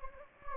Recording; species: mosquito wingbeat signal from an infrared sensor; Anopheles gambiae